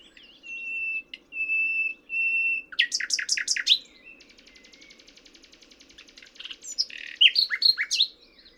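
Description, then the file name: Common nightingale song: three long pure whistled notes, then a loud rapid rattle of buzzy strokes, a soft fast ticking trill, and sharp varied chirps. "Luscinia megarhynchos"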